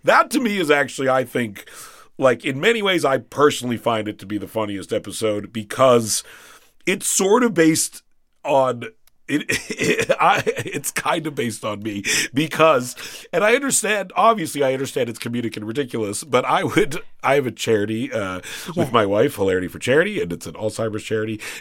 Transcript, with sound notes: That to me is actually, I think - like, in many ways, I personally find it to be the funniest episode because it's sort of based on - (laughter) it's kind of based on me because - and I understand - obviously, I understand it's communique and ridiculous, but I would - I have a charity...
Yeah.
...With my wife, Hilarity For Charity, and it's an Alzheimer's charity.